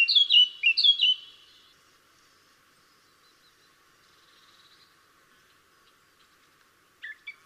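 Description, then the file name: Eurasian blackcap song: a short burst of bright warbled notes, then near silence with a couple of short notes near the end. "Sylvia atricapilla"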